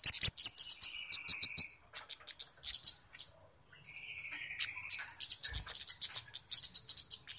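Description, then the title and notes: Flowerpecker calls: rapid bursts of very high, sharp ticking chips in irregular runs, with a few thin buzzy notes lower down and brief pauses between bursts. Lure call used for catching birds. "Kicau Pancing Burung Kemade ( Cabe Cabean). Suara Burung Cabe Cabean Pikat"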